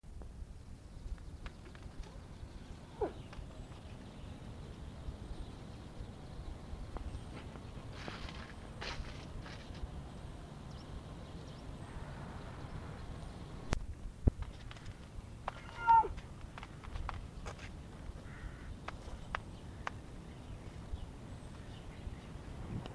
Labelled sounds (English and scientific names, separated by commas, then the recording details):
Bactrian Camel (Camelus bactrianus) defence call
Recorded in captivity
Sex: female
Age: adult
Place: Tierpark Berlin, Berlin, DE
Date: 1965-12-04 14:30
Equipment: Magnetophon 300, Transistorverstärker II, Sennheiser MD 421
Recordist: Tembrock, Günter